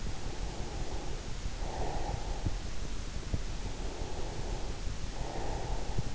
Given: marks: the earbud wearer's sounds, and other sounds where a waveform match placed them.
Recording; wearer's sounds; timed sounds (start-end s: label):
sounds in sleep by an in-ear microphone; breath
0.05-2.78 s: breath
3.69-6.15 s: breath